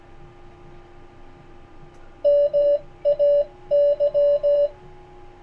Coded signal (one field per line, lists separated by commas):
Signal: Morse code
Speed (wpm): 16 wpm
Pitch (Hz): 2900 Hz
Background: none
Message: MAY